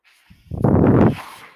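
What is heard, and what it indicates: A single airy whoosh of about half a second swells and fades: one breath delivered by a home mechanical ventilator worn by a man, heard during a pause in his speech.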